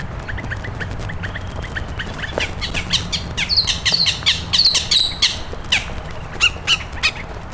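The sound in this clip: Bird calls, sharp high chirps and squawky notes in irregular bursts, thickest in the middle seconds, over a steady low rumble.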